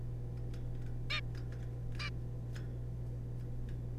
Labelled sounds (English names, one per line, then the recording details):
Zebra Finch
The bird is a juvenile
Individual R3549